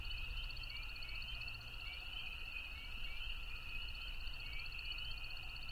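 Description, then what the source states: American woodcock flight sound, a fast steady high twittering that runs throughout, over a dense chorus of shrill peeping frogs and a low rumble. Stereo recording of the woodcock's flight, spring peepers calling in the background.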